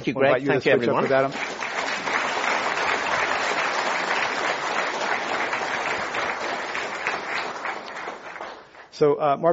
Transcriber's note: applause